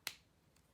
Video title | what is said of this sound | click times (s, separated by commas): Swatch And Review Of Arteza 60 Everblend Art Markers | you can hear it snap you know my markers lid is on very nicely | 0.1 s